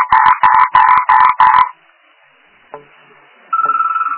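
Frog croaking: five rapid, harsh, rhythmic croaks in about one and a half seconds, then near quiet with a faint click and a softer pulsing sound at the end.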